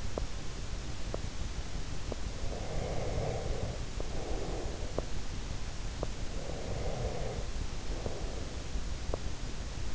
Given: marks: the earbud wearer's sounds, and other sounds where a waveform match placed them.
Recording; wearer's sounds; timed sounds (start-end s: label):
sounds in sleep by an in-ear microphone; teeth grinding, breath
0.00-0.30 s: teeth grinding
0.99-1.34 s: teeth grinding
1.96-2.25 s: teeth grinding
2.46-5.28 s: breath
4.84-5.14 s: teeth grinding
5.94-6.19 s: teeth grinding
6.41-8.75 s: breath
8.98-9.44 s: teeth grinding